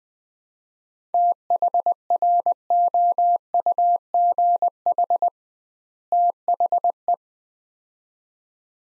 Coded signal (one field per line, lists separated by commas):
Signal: Morse code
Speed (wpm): 21 wpm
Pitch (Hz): 700 Hz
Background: none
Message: THROUGH THE